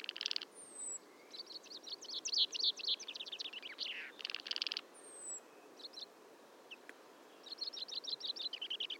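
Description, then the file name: Common chaffinch songs: brisk chattering trills dropping in pitch, several phrases in sequence, plus short high whistles and faint background hiss. "Fringilla coelebs"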